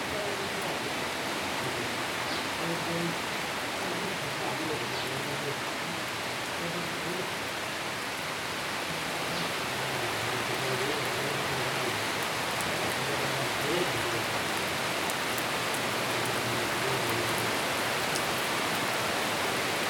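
Steady summer storm rain pours down at Colle Castello, Tivoli, in a dense, unbroken hiss, loud and even from start to finish, with a low rumbling undertone and no clear pauses.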